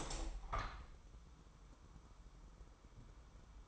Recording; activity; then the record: daily activity, microphone in the room; open window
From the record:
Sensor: 1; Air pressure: 999.9 hPa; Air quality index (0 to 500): 236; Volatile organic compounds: 106 ppm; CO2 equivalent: 3796 ppm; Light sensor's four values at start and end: 10/25/10/11 and 11/27/11/11